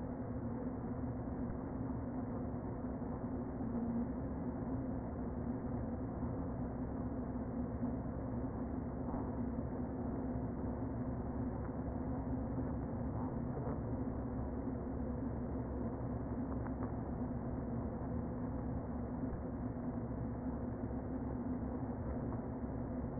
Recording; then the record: honeybee colony, microphone inside the hive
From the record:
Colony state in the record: queen present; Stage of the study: before two queens were removed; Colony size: about 60,000 bees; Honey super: yes